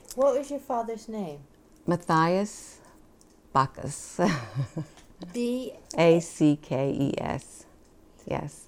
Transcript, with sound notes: What was your father's name?
Matthias Backes. (she laughs)
B-A...
A-C-K-E-S. Yes.